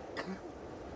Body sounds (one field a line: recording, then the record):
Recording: coughing mixed with background sound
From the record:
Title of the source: choking, hacking coughing